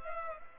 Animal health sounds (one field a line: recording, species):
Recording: mosquito wingbeat signal from an infrared sensor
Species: Culex pipiens